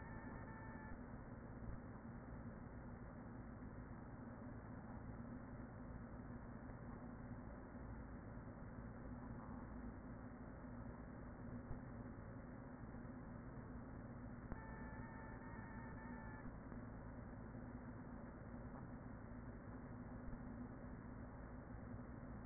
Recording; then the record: honeybee colony, microphone inside the hive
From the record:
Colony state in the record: queen present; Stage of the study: after two queens were removed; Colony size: about 40,000 bees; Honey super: no